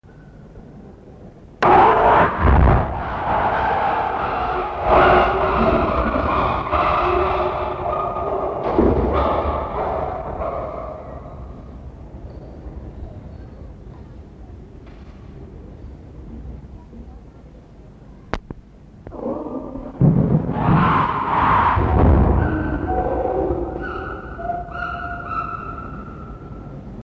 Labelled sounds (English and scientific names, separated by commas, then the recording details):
Chimpanzee (Pan troglodytes)
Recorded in captivity
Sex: male
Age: juvenile
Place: Zoo Berlin, Berlin, DE
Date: 1960-10-10 12:00
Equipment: Minifon, Kopie Smaragd
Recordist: Tembrock, Günter